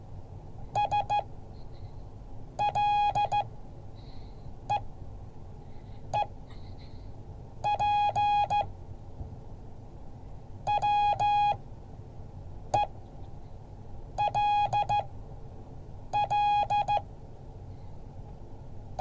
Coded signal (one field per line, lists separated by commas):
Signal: Morse code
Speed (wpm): 14 wpm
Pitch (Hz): 830 Hz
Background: none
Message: SLEEP WELL